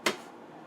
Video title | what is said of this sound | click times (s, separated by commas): Breville BES870XL Grinder Cleaning | sometimes you have to go until that snaps. If you heard that, | 0.1 s